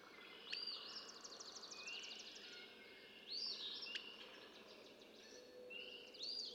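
Red-winged blackbird song repeated three times, each an arched note with a rattling buzzy trill, the last cut short.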